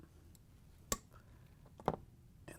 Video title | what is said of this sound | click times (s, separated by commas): How To: Whirlpool/KitchenAid/Maytag Outer Tub Assembly W10193886 | push it in so it locks into place where there's a locking tab here and here | 0.9 s, 1.9 s